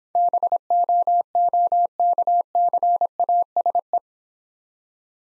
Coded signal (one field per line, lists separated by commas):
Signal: Morse code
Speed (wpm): 26 wpm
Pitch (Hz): 700 Hz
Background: none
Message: BOOKCASE